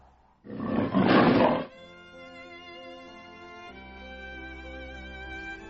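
A single loud, rough tiger roar bursts out for about a second, then gives way to steady, layered tonal drones that hold quietly to the end.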